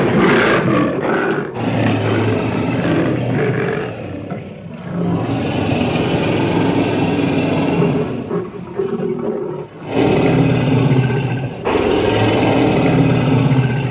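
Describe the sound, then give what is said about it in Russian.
A caged lion roars in long, deep, rumbling bursts that swell and fade, with brief pauses between them and no talking over the sound. “Тогда нам прямая дорога к царю зверей. Красивому, сильному, бесстрашному.”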